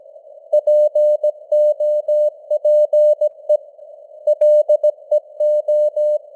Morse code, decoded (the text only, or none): POPE LEO